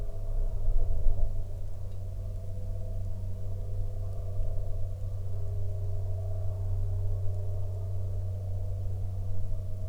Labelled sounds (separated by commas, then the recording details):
rain, aircraft
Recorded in the Prudhoe Bay oil fields, Alaska, on 8 August 2019 at 08:11
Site 13